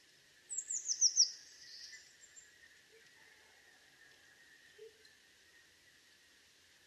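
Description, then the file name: Eurasian blue tit with a brief series of thin, high, descending notes run together into a buzzy trill, then quiet except for a constant background hum. "Cyanistes caeruleus"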